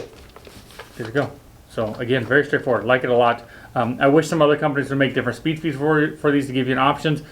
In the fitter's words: snaps in place